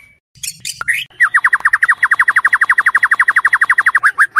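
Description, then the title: White-rumped shama song, opening with a few scattered notes, then a fast, even series of sharp downslurred notes continuing to the end. Murai batu tutor recording used for training cage birds. "MASTERAN MURAI BATU LABAIK"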